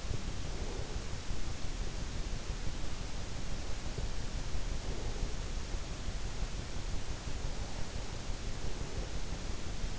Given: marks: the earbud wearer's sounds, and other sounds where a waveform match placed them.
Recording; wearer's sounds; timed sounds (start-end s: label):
sounds in sleep by an in-ear microphone; breath
0.00-1.11 s: breath